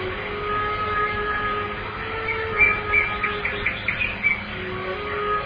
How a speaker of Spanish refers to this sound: los pájaros que oyes cantando